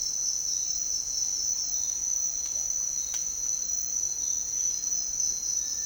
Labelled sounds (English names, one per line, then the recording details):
none
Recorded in dense forest near Puerto Asís, Putumayo, Colombia, on 13 March 2025 at 07:00
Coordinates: 0.499, -76.324
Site GP03